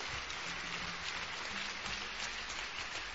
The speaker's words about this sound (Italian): Ci scusiamo ai nostri 500 ascoltatori che ci sono in, ci stanno ascoltando, applauso infatti.